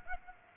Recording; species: mosquito wingbeat signal from an infrared sensor; Aedes aegypti